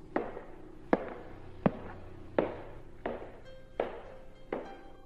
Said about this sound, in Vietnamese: Ở cầu thang lầu 2 tiếp tục truyền đến tiếng bước chân.